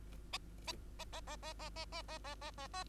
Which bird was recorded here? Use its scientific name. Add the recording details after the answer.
Lonchura striata domestica. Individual Bird2